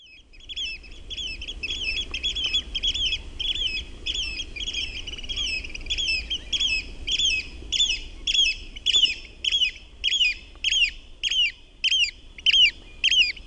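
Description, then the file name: Eurasian oystercatcher calling with sharp, high piping notes repeated about twice a second, steady and insistent, over a faint low background rumble. "MERIHARAKKA"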